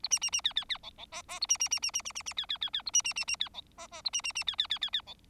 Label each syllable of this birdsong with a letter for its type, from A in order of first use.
A B B B C C C D D E E A B B B B B B B B C C C C A B B B B C D E E A B B B C C C C C D